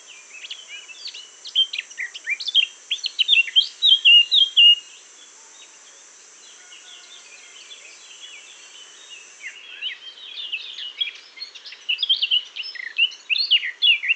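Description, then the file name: Eurasian blackcap singing two bursts of rich, fast warbling with fluty whistles, separated by a quiet pause of several seconds; a faint steady high hiss runs through the first part. "Sylvia atricapilla"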